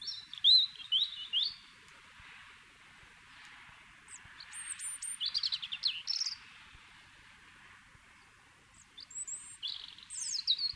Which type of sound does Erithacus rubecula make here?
song